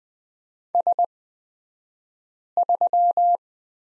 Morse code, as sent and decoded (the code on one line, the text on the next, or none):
... ...--
S3